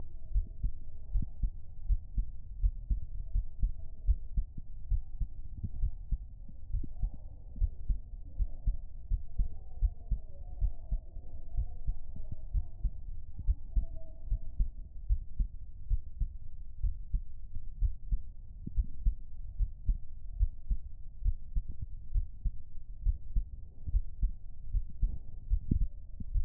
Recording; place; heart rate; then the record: heart sounds by stethoscope; pulmonary valve (PV); 76 bpm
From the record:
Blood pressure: 108/69 mmHg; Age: 21 years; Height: 173 cm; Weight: 60 kg